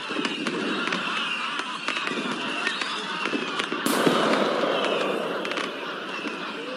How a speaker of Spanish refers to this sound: queriendo rematar la aparatosa aventura, le prendieron fuego a la cola de clavileño, que al estar repleto de cohetes tronadores, explotó y voló por los aires, enviando al suelo a sus 2 jinetes medio chamuscados.